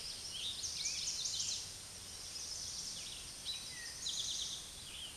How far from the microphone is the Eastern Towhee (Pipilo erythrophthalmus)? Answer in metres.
about 40 m